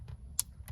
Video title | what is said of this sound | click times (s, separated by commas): How to Install Android Player onto PERODUA MYVI LAGI BEST - Installation + Introduction | Until you hear the sound, the click sound. So now it's like done already. | 0.4 s